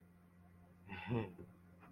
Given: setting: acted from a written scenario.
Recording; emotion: vocal sound without words; awe